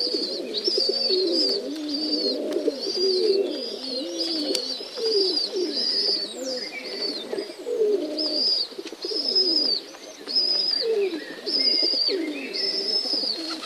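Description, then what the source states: Domestic pigeon coos, several birds giving low throaty rolling phrases continuously, mixed with high thin whistles and brief chirps. Recorded in a pigeon loft (gołębnik).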